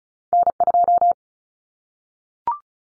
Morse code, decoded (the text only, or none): N2